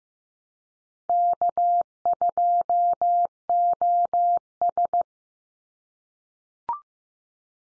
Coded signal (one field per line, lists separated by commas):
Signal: Morse code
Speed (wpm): 15 wpm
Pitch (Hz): 700 Hz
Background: none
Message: K2OS